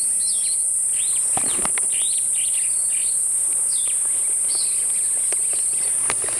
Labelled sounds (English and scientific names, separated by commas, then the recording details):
Superb Starling (Lamprotornis superbus) flight call
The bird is a male
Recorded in Kenya on 24 May 2010
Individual 57, of group MRC1